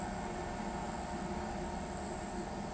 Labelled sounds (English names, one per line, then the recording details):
none
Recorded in pastures near Pivijay, Magdalena, Colombia, on 13 April 2023 at 20:30
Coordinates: 10.456, -74.369
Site P6-G026